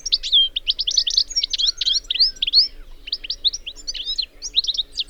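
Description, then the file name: European goldfinch giving a quick, bubbly chatter of high tinkling notes and short slurred twitters, delivered nonstop with slight pauses, faint low hum behind. "Carduelis carduelis"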